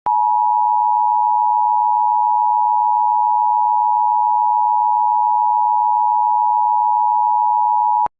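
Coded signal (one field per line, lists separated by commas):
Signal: Emergency Alert System (SAME) tones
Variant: 853 and 960 Hz attention tone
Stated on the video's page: Parody EAS alert scenario for Florida.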